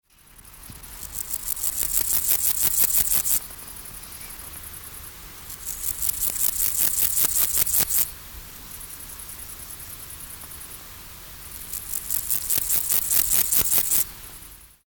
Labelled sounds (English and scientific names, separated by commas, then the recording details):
Meadow Grasshopper (Chorthippus parallelus)
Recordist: Tembrock, Günter
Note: Gesang im Schatten